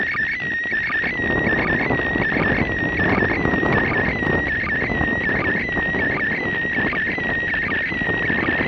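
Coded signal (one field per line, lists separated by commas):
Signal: SSTV (slow-scan television)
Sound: warbling tone around 2 kHz with steady rhythmic sync blips under loud hiss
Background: radio static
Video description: Reception of SSTV from the ISS to Malta on December 8 2016 using Handheld Transceiver Baofeng and Robot 36 on OnePlus 3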